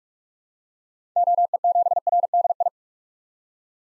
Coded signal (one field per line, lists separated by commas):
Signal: Morse code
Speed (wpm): 44 wpm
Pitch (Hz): 700 Hz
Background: none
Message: OE7RDI